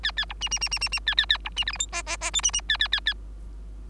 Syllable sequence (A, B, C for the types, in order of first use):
A A B C C C C C C A A A B C D E F G G G H C C A A A A